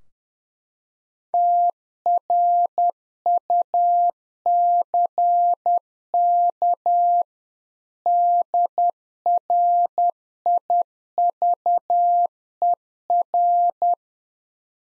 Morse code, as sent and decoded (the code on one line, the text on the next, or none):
- .-. ..- -.-. -.- / -.. .-. .. ...- . .-.
TRUCK DRIVER